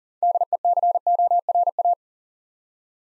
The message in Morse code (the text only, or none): DECORA